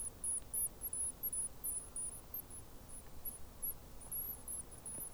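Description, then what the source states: Rock wren chicks' begging: scattered very high, sharp squeaky notes in short bursts with brief pauses, against a soft hiss. Chicks begging; New Zealand.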